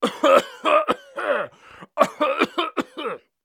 Cough male.